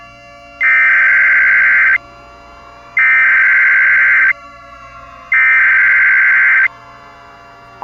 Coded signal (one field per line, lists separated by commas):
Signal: Emergency Alert System (SAME) tones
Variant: header bursts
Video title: EAS Scenario: Catastrophic Monster Tsunami